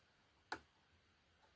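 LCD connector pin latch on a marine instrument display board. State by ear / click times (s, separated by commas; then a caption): released / 0.5 s. A small screwdriver levers an LCD connector pin latch on the display board of a Raymarine Tridata ST60 marine instrument, working the pins one at a time. A single sharp, bright tick sounds at 0.5 seconds against a quiet background. The pin clicks free and is released, since the click means it is free.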